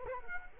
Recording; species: mosquito wingbeat signal from an infrared sensor; Culex quinquefasciatus